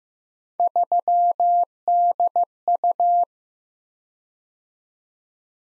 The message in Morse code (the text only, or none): 3DU